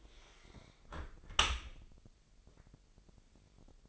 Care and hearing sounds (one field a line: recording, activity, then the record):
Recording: daily activity, microphone in the room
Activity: close dishwasher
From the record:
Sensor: 5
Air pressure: 1000.6 hPa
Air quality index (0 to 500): 249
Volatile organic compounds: 35 ppm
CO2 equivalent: 3063 ppm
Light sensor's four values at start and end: 31/71/28/26 and 31/71/28/26